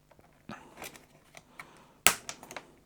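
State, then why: Seated. A plastic part clips into place on the chassis of a Tamiya CR01 RC crawler kit during step B of assembly. Soft handling and rustling noises lead into a sharp, loud snap at 2.1 s as the part seats, followed by two quieter ticks around 2.3 and 2.6 s.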